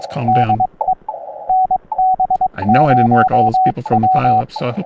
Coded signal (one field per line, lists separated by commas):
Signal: Morse code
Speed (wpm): 22 wpm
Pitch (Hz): 750 Hz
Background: speech, radio noise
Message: DE NB0W